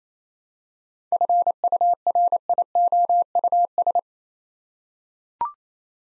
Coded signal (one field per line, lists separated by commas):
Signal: Morse code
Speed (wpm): 29 wpm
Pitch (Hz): 700 Hz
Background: none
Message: FURIOUS